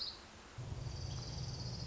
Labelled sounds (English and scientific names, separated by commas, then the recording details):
Orange-crowned Warbler (Leiothlypis celata)
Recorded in Sonoma County, California